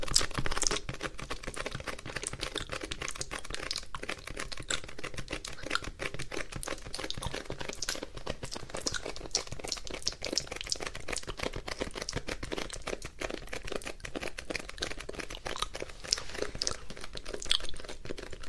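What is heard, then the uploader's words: Wet mouth sounds and sticky tapping run without pause, a dense stream of quick clicks and crackles at a steady level. The clicks are crisp and bright, with no other sounds behind them. ASMR Kisses, Earbud Nibbling, and Mouth Sounds and Sticky Tapping.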